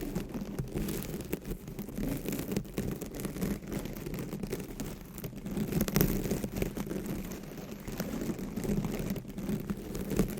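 Microphone scratching with nails, a dense, continuous scrape and rustle throughout. Most of the sound sits low, with a steady rumble and frequent sharp ticks and clicks scattered across the whole ten seconds. The texture resembles heavy rain on a surface.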